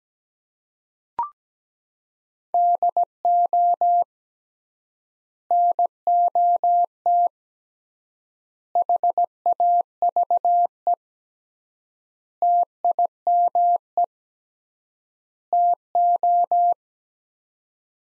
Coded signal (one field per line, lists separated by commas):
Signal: Morse code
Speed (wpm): 17 wpm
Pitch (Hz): 700 Hz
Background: none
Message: DO NOT HAVE TIME TO